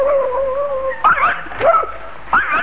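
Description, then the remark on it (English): A dog, the watchdog Psyche, whines in a thin, wavering high tone for about a second, then lets out three short, sharp yelping barks spaced apart, each sliding upward in pitch. “You bark at a non-existent postman, then fail to hear the car.”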